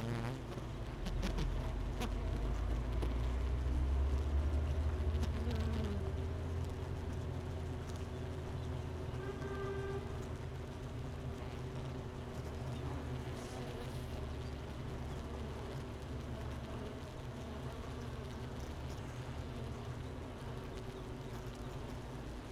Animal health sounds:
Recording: honeybee colony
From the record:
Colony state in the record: missing queen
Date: 31 May 2018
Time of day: 9:52

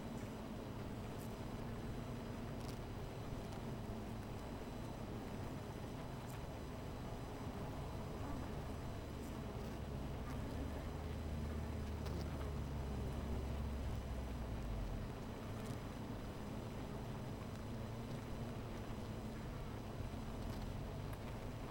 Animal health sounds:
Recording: honeybee colony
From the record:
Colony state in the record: missing queen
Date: 14 July 2017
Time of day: 16:47

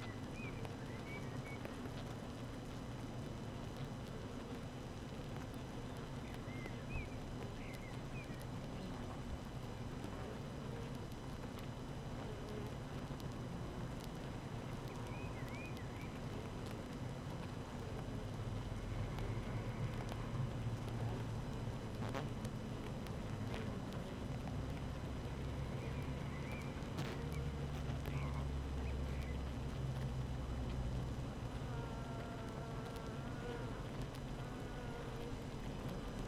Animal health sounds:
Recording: honeybee colony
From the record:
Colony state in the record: active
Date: 12 June 2018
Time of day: 7:14

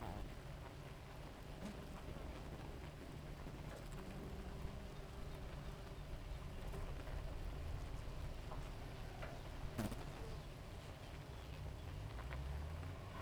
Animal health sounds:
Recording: honeybee colony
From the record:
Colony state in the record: active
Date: 28 July 2017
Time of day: 4:08

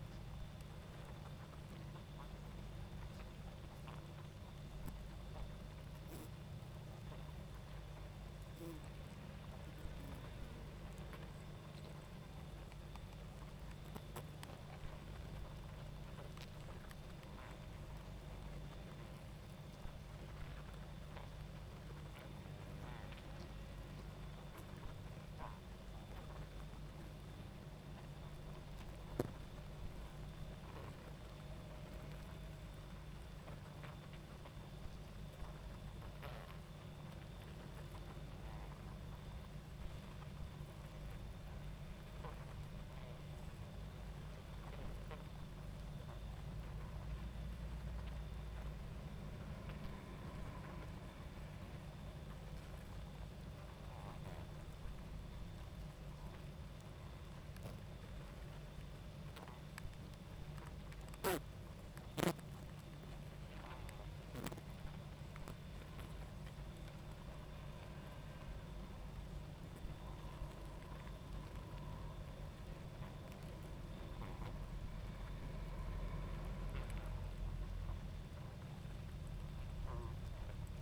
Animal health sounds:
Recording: honeybee colony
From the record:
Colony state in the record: active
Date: 28 July 2017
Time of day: 22:15

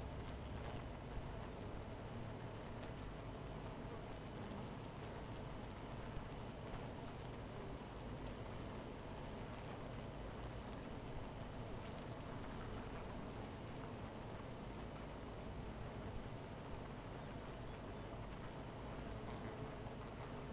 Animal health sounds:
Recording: honeybee colony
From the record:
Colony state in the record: missing queen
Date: 14 July 2017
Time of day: 17:30

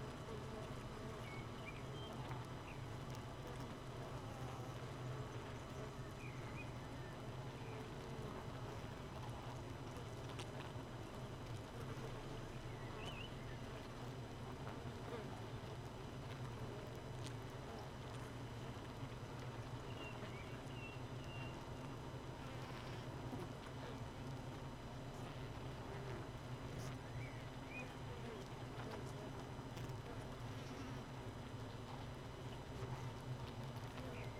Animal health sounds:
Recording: honeybee colony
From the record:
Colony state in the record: missing queen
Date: 31 May 2018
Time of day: 4:25

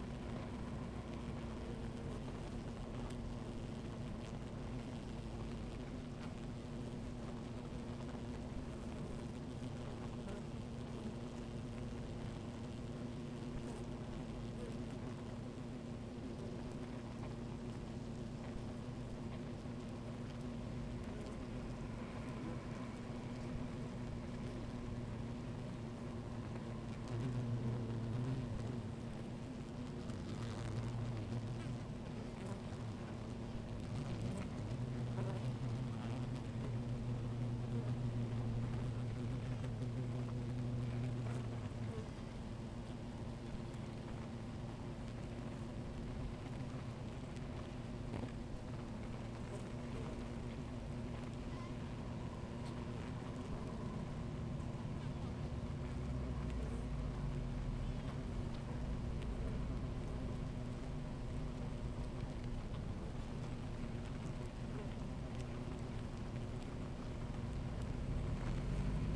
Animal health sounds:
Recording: honeybee colony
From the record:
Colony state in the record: active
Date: 28 July 2017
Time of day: 16:48

